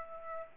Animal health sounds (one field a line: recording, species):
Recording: mosquito wingbeat signal from an infrared sensor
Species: Aedes aegypti